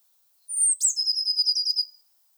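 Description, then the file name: Eurasian blue tit song: a high thin whistle gliding down, then a fast trilled run of about a dozen notes lasting roughly a second. "Cyanistes caeruleus"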